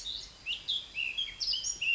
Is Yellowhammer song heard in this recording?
no